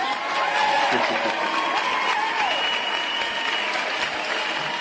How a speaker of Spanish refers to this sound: Lo felicitamos por ser un cliente cumplido. Hombre, un aplauso para mi amigo